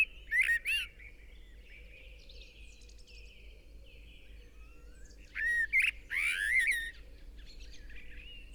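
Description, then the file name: Eurasian blackbird song: two phrases of rich warbled whistles ending in high squeaky notes, roughly five seconds apart, with softer bird chatter between. "Turdus merula"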